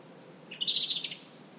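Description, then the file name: European robin, a brief high twittering burst lasting about half a second, with several closely packed notes and soft background hiss. "Erithacus rubecula"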